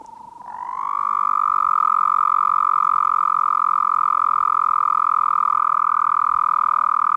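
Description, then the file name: Arizona toad trill, a steady high musical buzz that starts softly, swells over the first second and a half, then holds at an even pitch through the end. "Anaxyrus microscaphus"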